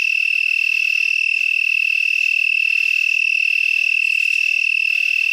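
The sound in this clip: Broad-winged tree cricket song, a steady unbroken high trill holding one pitch throughout, with faint overtones above.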